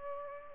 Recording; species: mosquito wingbeat signal from an infrared sensor; Culex pipiens